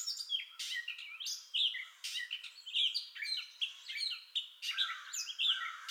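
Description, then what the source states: Gray catbird giving a scratchy, squeaky song of short varied phrases, some whistled notes standing out, delivered in a steady run. Entire song bout, recorded 30 May 2021.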